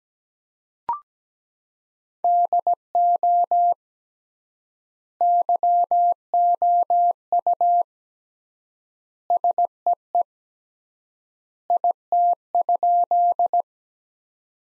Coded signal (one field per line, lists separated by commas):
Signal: Morse code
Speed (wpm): 17 wpm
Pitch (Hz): 700 Hz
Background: none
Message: DO YOU SEE IT?